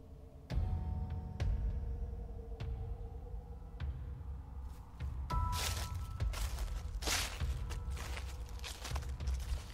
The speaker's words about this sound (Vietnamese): Ở trong vườn bóng cây vải cây nhãn ôm tùm che khuất ánh mặt trời. Tiếng bước chân của con bé Số dẫm lên lá khô cứ xào xà xào xạc.